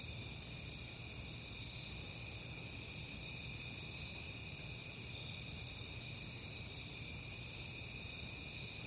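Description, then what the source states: Many crickets chirping together in a constant high trill that never pauses, with a quiet low-pitched background rumble. Crickets on a peaceful night in September.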